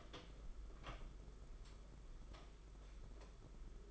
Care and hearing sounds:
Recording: daily activity, microphone in the room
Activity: open door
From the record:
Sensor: 5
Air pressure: 991.7 hPa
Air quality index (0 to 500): 135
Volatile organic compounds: 86 ppm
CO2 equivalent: 3658 ppm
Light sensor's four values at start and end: 34/114/43/45 and 35/114/43/45

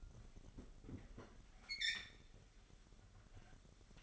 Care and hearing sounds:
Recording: daily activity, microphone in the room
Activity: open fridge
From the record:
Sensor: 4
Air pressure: 989.2 hPa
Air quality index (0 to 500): 224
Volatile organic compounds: 84 ppm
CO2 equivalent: 3638 ppm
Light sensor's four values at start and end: 26/92/34/36 and 26/90/33/35

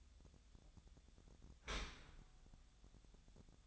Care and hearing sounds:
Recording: daily activity, microphone in the room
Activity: open dishwasher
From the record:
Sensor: 3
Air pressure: 1004.6 hPa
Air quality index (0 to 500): 108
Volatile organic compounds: 4 ppm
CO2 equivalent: 1696 ppm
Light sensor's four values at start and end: 7/17/7/6 and 7/17/7/6

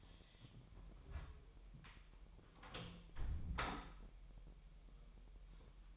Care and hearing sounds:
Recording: daily activity, microphone in the room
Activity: close door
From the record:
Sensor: 1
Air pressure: 1001.2 hPa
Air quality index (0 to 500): 249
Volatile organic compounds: 144 ppm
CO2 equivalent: 3996 ppm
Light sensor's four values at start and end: 13/30/12/13 and 12/29/12/13

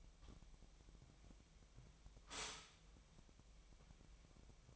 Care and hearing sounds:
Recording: daily activity, microphone in the room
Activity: stop toaster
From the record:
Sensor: 1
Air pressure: 1001.9 hPa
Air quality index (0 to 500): 238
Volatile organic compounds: 43 ppm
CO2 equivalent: 3194 ppm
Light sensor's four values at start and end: 10/36/13/15 and 10/36/13/15

